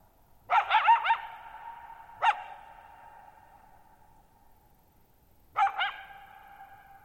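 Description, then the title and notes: Coyote giving a quick run of wavering yips, then a single sharp bark and another yipping burst, all echoing strongly over a quiet background. Lone coyote at night, July 14, 2019, Thirtymile Meadows, Okanogan National Forest, Okanogan High Country, Pacific Northwest; shallow-bowl meadow at 6400 ft on dry high plateau, very quiet, long natural reverberation. "Lone Coyote at Thirtymile Meadows. I spent the night of July 14, 2019, camped near Thirtymile Meadows in the Okanogan National Forest at 6400 ft (1950 m)"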